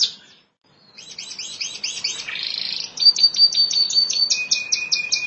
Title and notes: Suara Burung Kenari